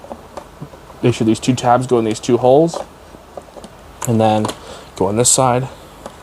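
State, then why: Not seated. On a Bissell PowerGlide Pet upright vacuum, the post-motor filter cover is being fitted back onto the vacuum body with its two tabs lined up in the two holes, while someone talks. Light handling knocks are heard around 0.1, 0.4, 3.4, 3.6 and 6.1 seconds. The cover has not seated or clicked in yet.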